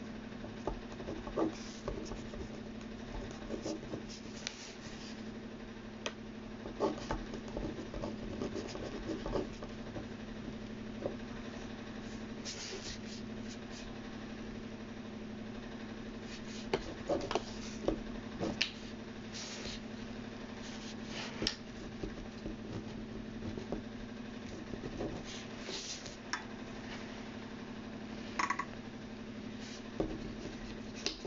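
Someone copying out text by hand: short scratchy pen strokes and light taps come in irregular bursts across the whole recording, a few sharper ones standing out. Underneath runs a steady, even low hum that never changes.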